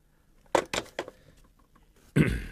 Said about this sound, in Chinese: 不能聊了，有人敲门，改日再见。